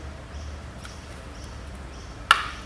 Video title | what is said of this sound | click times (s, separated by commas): Striplox™ Full Line Demonstration | lock, and now it's locked into place and we have a completely concealed join. | 2.3 s